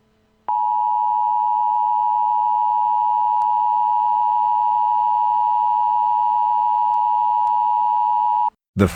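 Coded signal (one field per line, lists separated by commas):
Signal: Emergency Alert System (SAME) tones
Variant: 853 and 960 Hz attention tone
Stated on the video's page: Fictional EAS scenario.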